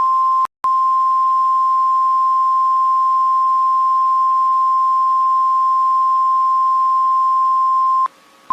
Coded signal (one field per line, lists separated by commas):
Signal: Emergency Alert System (SAME) tones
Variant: 1050 Hz attention tone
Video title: Albania eas alarm